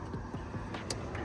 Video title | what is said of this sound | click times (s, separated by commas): E-FAN CONVERSION WITH TUNE ! 99-06 SILVERADO/SIERRA (GMT800) | As you hear the clip, put the security tab on the back, push it forward. | 0.9 s